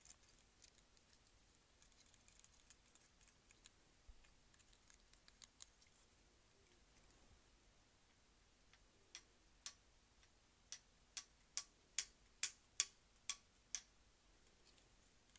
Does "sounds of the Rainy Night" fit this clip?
no